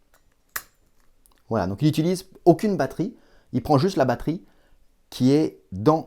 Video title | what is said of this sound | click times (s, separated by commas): Choisir son flash TTL: Pixel Mago et Godox V860 | il est vraiment minuscule et il se clipse tout simplement sur le flash voilà | 0.6 s